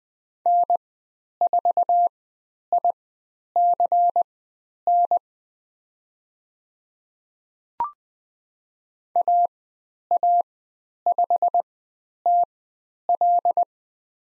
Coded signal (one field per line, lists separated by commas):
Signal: Morse code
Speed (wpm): 20 wpm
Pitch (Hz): 700 Hz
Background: none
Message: N4ICN AA5TL